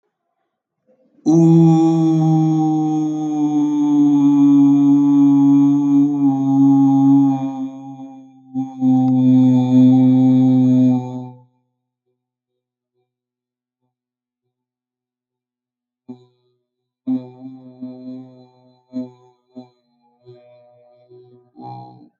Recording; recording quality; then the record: sustained vowel as in boot; excellent, no background noise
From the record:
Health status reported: healthy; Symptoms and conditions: none ticked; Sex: male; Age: 25 years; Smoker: not ticked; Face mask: not worn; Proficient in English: yes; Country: India